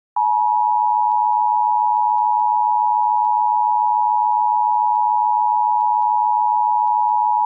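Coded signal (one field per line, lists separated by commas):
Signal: Emergency Alert System (SAME) tones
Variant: 853 and 960 Hz attention tone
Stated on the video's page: Fictional EAS scenario for entertainment, not a real broadcast, possibly containing valid tones.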